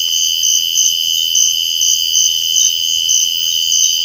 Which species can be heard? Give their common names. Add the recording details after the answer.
none. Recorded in dense forest near Puerto Asís, Putumayo, Colombia, on 21 February 2024 at 05:30. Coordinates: 0.485, -76.325. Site G6429